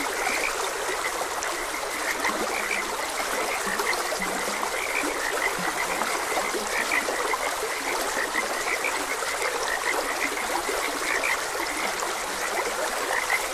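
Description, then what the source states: Frogs croaking continuously, higher chirping calls and occasional deeper croaks, over a gently rushing stream. Frogs croaking beside a gentle stream.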